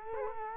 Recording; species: mosquito wingbeat signal from an infrared sensor; Culex quinquefasciatus